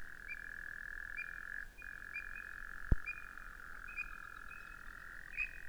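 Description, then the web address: Frog giving a sustained, even buzzing trill almost throughout, briefly breaking near the two-second mark, with a single sharp click midway and faint higher notes. Recorded 11 February 2017. "frog rec 20170211"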